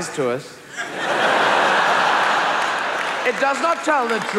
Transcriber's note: laughter